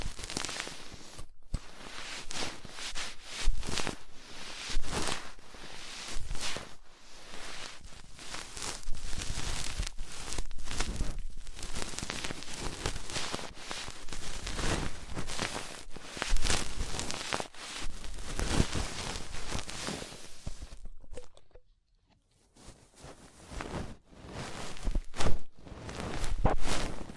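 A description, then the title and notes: Ear-focused ASMR of dense, crackly rustling and scratching that fills the whole range from low thumps to bright hiss. The crinkly bursts shift constantly in loudness with frequent sharp taps, then drop nearly to silence around 21–23 seconds before returning louder. ASMR Deep Ear Treatment for Sleep (No Talking).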